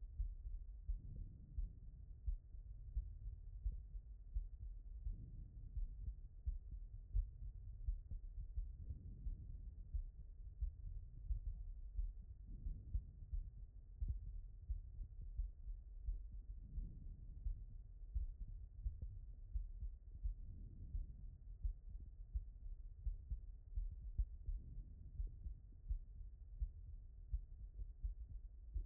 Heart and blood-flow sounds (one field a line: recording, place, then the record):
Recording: heart sounds by stethoscope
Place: aortic valve (AV)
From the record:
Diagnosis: non-HFrEF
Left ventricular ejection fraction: 61%